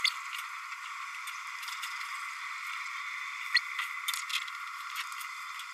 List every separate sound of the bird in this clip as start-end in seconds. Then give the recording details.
0.04-0.10, 3.55-3.58. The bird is a female. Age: 29 days. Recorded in a nest box in Venezuela. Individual 17B32A7